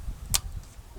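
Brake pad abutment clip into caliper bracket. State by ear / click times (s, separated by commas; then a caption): seated / 0.4 s. A metal anti-rattle abutment clip for the brake pad is pressed into the caliper bracket on the rear brake of a 2015 Honda Odyssey. One sharp metallic pop is heard at 0.4 s over low background rumble, and the clip is seated in place.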